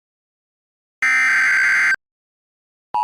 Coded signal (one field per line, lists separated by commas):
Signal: Emergency Alert System (SAME) tones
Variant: header bursts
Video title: [EAS SCENARIO] The Division #1 (READ DESC)